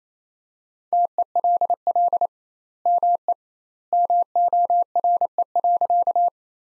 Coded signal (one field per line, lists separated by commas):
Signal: Morse code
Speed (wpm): 28 wpm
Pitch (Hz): 700 Hz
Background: none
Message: TELL ME MORE.